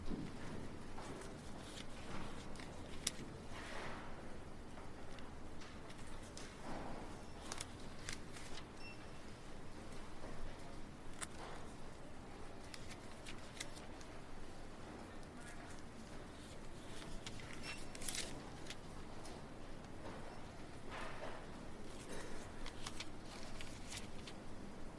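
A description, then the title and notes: Quiet library ambience with a steady low hum running underneath throughout. Soft, scattered clicks, taps and brief rustles pop up every second or two. Faint murmur suggests distant voices now and then, while overall loudness stays even. Library Ambiance.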